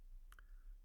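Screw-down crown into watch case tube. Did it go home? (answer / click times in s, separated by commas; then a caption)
yes / 0.3 s, 0.4 s. The pushed-in screw-down crown of a G-Shock Mudmaster GWG-B1000 (module 5713), a resin and metal watch, is screwed back down onto its threaded tube to seal the case. Against a quiet background, two sharp, bright clicks sound at 0.3 s and 0.4 s, followed by a faint fading high tone. The crown is tightened home and the watch is sealed.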